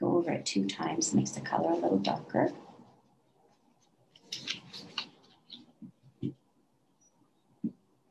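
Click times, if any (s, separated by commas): none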